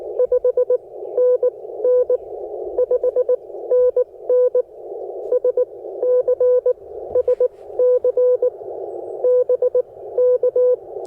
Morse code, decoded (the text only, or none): 5NN 5NN SC SC BK